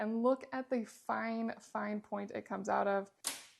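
Someone talks while handling a plastic spigot for a ZeroWater water filter dispenser, about to be pushed into the dispenser reservoir's outlet hole. A brief sharp noise sounds near the end at about 3.3 s. The spigot has not seated or clicked into place yet.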